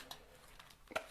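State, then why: Seated. A green Schneider plastic flush-mount socket box is pressed onto the next socket box. After a few faint ticks, a sharp plastic snap at 0.96 s shows the two boxes have snapped together and are firmly joined.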